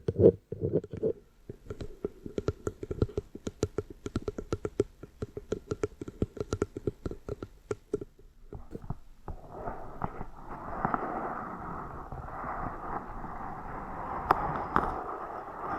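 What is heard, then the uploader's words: Scratching and tapping triggers: a run of quick, sharp taps fills the first eight seconds, rapid and fairly regular like fingers on a hard surface. After a brief pause, a denser, continuous scratching takes over from about nine seconds to the end, rougher and brighter, with a few louder taps. Scratching & Tapping Triggers. (NO TALKING).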